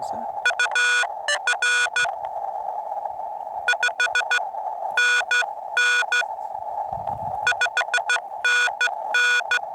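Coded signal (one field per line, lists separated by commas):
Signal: Morse code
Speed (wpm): 14 wpm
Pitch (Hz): 1460 Hz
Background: none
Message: UR 5NN 5NN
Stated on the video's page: Heard during a first park activation on a backpacking trip to an Eastern Sierra lake.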